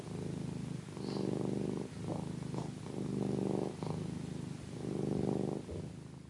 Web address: cat curring